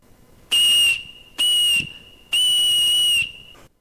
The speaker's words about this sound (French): Donc ce sifflet en phalange de renne est un instrument qui a été reconstitué à l'identique d'après les vestiges archéologiques. Et donc là, il y en a pour 3 secondes.